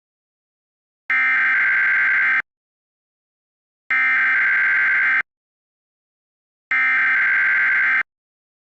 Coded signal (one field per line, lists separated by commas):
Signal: Emergency Alert System (SAME) tones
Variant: header bursts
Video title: EAS Scenario: Godzilla - Titans of Earth (Tripleverse 2 Part 1 - Remastered)